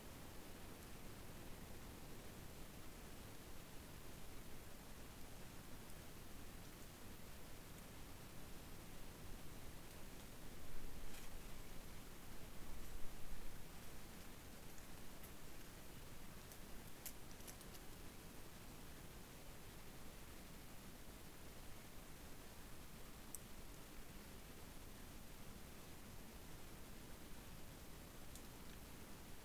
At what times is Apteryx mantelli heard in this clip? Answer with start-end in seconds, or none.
none